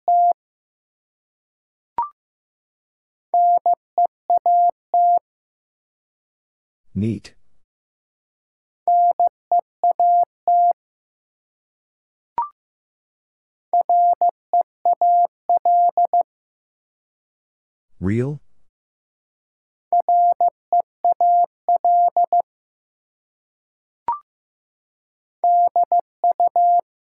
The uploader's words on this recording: Four Letter Words - 15wpm. First, the word is sent in Morse code. Finally, it is sent again in More code.